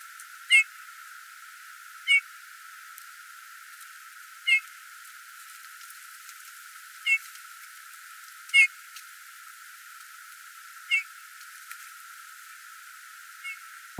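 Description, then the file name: Eurasian bullfinch calling with soft, mellow piping whistles, single downslurred notes spaced a few seconds apart, about seven calls, against a faint hissing background. "Pyrrhula pyrrhula"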